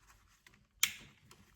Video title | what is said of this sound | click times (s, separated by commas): 034 Catch Can Install on Audi RS5 (B9.5/9) | hopefully you could hear that but I felt it and heard it click into place | 0.8 s